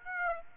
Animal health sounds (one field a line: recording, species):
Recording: mosquito wingbeat signal from an infrared sensor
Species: Aedes aegypti